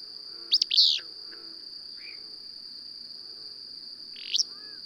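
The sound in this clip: Bird calls: a quick pair of loud chirps near the start, then a faint note and a closing chirp, with a continuous high whine behind.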